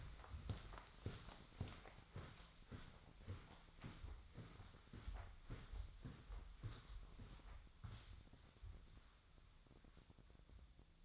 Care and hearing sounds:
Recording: daily activity, microphone in the room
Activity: walk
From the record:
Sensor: 3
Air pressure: 1009.3 hPa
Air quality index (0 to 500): 190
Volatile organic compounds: 3 ppm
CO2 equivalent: 1536 ppm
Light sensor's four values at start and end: 56/146/64/66 and 54/137/61/63

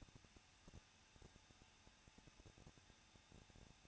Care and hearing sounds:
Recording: daily activity, microphone in the room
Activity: no activity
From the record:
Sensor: 2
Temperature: 21.0 degrees Celsius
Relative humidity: 37.5%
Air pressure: 1006.3 hPa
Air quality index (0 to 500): 222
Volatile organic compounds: 24 ppm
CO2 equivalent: 2823 ppm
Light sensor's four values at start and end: 2/3/2/2 and 2/3/2/2

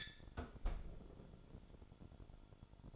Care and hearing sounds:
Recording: daily activity, microphone in the room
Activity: close fridge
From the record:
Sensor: 5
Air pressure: 1007.9 hPa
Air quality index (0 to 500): 96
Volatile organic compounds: 1 ppm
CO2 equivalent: 750 ppm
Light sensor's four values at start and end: 40/92/39/40 and 39/90/38/39

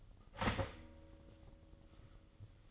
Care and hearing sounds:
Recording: daily activity, microphone in the room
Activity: start toaster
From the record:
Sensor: 4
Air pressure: 1002.9 hPa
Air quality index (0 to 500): 242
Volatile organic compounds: 18 ppm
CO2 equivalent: 2628 ppm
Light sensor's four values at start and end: 21/71/26/26 and 20/69/26/25

